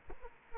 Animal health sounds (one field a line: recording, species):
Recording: mosquito wingbeat signal from an infrared sensor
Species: Culex quinquefasciatus